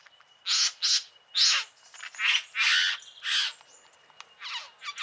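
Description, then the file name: Satin bowerbird uttering a series of short, harsh, wheezy squawks in irregular bursts, some paired, with brief quiet gaps between them. "Satin Bowerbird Ptilonorhynchus violaceus"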